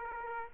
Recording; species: mosquito wingbeat signal from an infrared sensor; Aedes aegypti